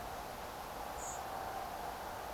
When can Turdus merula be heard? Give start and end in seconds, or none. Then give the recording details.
0.96-1.20. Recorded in France